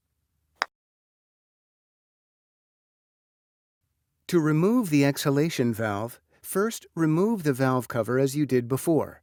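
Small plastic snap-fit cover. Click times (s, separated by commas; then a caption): 0.6 s. The bottom of a plastic exhalation valve cover, with its top notch already set on the facepiece peg, is pressed into the rubber/silicone half facepiece of a 3M Rugged Comfort Half Facepiece Respirator 6500 Series. A single sharp snap is heard at 0.6 s as the cover seats, followed by silence and then someone talking from about 4.3 s.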